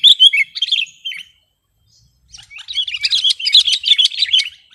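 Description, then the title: Sooty-headed bulbul, a few notes, a short pause, then a dense run of fast chattering. "kutilang"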